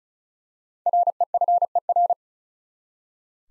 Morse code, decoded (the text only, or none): REFER